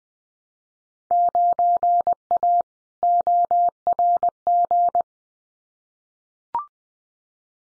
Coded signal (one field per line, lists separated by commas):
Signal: Morse code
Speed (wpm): 20 wpm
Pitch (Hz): 700 Hz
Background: none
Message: 9A ORG